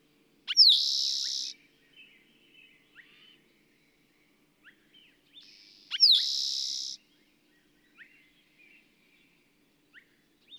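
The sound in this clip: Bird song: two high buzzy phrases, each opening with a sharp note, about five seconds apart, with soft ticks and chips between.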